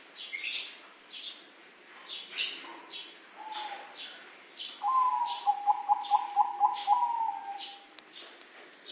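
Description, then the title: Dove cooing: scattered soft notes, then a three-second run of quick pulsed hoots that fades and drops at the end, over regular high chirping pulses. "Canto Da Pomba"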